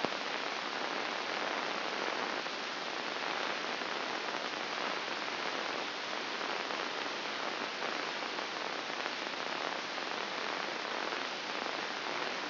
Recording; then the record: brain microelectrode recording played as sound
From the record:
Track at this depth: inside the subthalamic nucleus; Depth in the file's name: 6.261 mm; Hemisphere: left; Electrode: 2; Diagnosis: Parkinson's disease